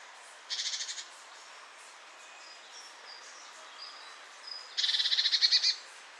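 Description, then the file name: Great tit scolding calls: two dry, buzzy churring rattles a few seconds apart, the second longer, with faint thin high notes between them. "Parus major"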